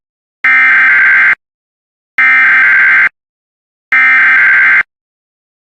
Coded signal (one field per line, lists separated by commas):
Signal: Emergency Alert System (SAME) tones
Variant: header bursts